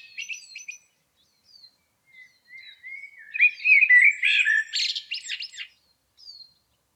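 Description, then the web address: Blackbird singing: a few high squeaky notes, then a mellow whistled warble that breaks into a scratchy, twittering flourish. "Environmental chamber testing blackbird"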